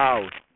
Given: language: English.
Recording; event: throat vibration sensor signal played as sound; speech